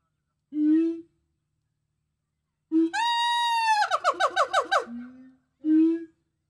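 Gibbon call: a low hoot, then a long rising wail breaking into a fast trill of quavering notes, dropping to a low note and ending with another hoot.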